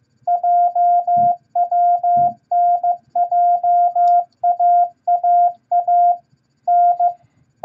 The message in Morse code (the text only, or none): JWNJAAA N